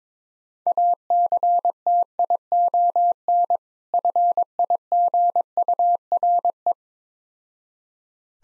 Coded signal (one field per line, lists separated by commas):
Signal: Morse code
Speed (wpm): 22 wpm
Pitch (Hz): 700 Hz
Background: none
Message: ACTION FIGURE